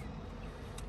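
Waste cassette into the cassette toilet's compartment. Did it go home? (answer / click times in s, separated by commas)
yes / 0.8 s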